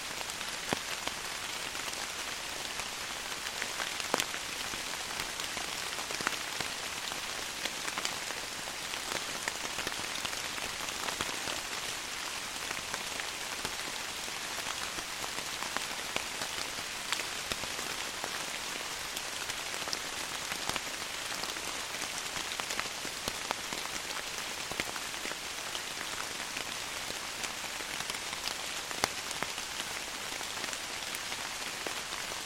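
Rain patters steadily through forest leaves, a dense, even hiss of countless small drops with no letup across the half minute. Brighter drips tick out every second or two, a few slightly sharper hits near four and twenty-nine seconds, over little low rumble.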